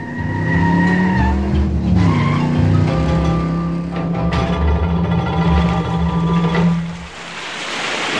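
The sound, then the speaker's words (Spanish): A car revs hard and accelerates, its tires squealing in long, high-pitched screeches over a steady engine roar, ending in a rushing hiss. “¡Acelera!”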